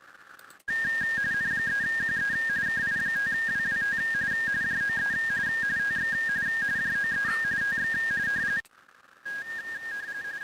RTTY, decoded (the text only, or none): N3QE KI5WWT JOE TX JOE TX